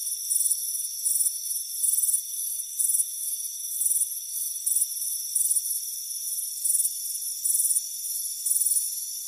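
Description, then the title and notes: Crickets chirp in distinct bright bursts, with quieter chirps and a steady high tone between. Crickets chirping on a warm afternoon by a front porch. "Soothing Crickets Chirping Sound. It's a warm afternoon as you relax in a hammock on the front porch. Relax and fall asleep to the soothing sound of chirping crickets. Deep Sleep Sounds"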